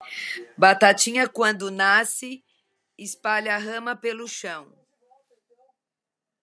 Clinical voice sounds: short text; Brazilian Portuguese; female; 50 to 59 years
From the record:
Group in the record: control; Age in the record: 54 years

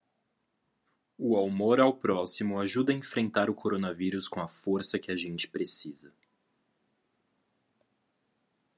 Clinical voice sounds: spoken sentence; Brazilian Portuguese; male; 18 to 19 years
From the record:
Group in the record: control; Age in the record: 19 years

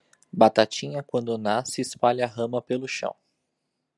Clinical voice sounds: short text; Brazilian Portuguese; male; 30 to 39 years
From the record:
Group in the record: control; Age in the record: 31 years

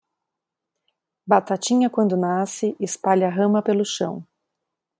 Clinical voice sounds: short text; Brazilian Portuguese; female; 30 to 39 years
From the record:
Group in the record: control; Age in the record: 38 years

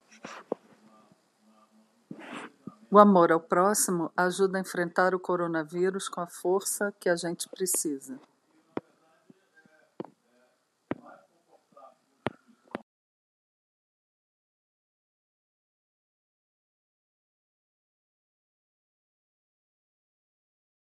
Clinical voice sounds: spoken sentence; Brazilian Portuguese; female; 50 to 59 years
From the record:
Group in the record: control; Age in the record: 50 years

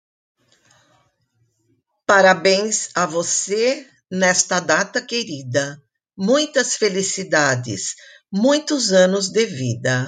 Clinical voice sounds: short text; Brazilian Portuguese; female; 70 to 79 years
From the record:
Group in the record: control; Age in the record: 70 years

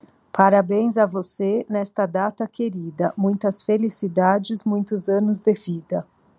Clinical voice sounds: short text; Brazilian Portuguese; female; 40 to 49 years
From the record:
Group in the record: control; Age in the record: 44 years

